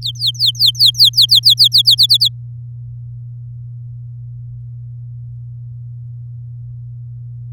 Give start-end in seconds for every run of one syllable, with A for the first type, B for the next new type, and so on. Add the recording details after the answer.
0.02-1.95 A, 1.98-2.28 B. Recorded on 8 May 2018 at 06:15. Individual llb16